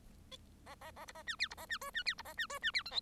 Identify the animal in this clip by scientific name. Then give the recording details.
Lonchura striata domestica. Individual Bird1